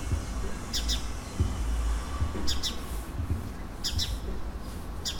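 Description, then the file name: House sparrow chirps in quick pairs, repeated every one to two seconds, over a steady low rumble. "Passer domesticus"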